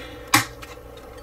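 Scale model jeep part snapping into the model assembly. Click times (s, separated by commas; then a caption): 0.3 s. Model jeep parts for an IXO Collections Willys MB Jeep scale model build are aligned and then pressed together. They snap home with one sharp click at 0.3 seconds, seating in place in a tight squeeze, followed by quiet.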